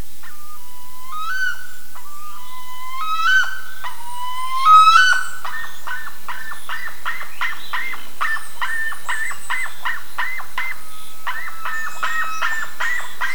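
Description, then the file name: Bird calls, a series of rising harmonic notes at first, then a steady run of short, sharp repeated notes. "SABIOD 50 bird 2015"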